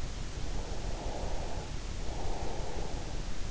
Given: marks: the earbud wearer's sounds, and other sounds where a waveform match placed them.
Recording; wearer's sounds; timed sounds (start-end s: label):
sounds in sleep by an in-ear microphone; breath
0.56-3.31 s: breath